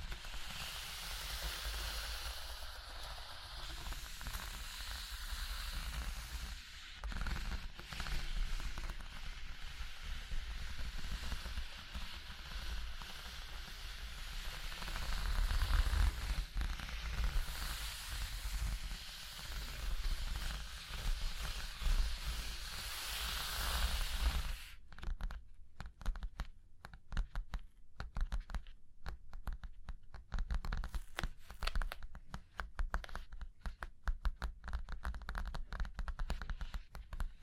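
Scratching and tracing across a surface fill the first twenty-five seconds with a dense, steady, hissy rasp that swells slightly around the middle. The sound then shifts abruptly to quieter, separate taps and short scrapes, irregular but frequent, with silent gaps between them.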